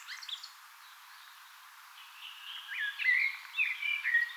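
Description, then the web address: Eurasian blackbird: a brief high twitter, a pause, then a rich fluting warble with clear whistled notes. Singing on 18 April 2025. "paivat 18 4 2025 keltanokkarastas laulaa"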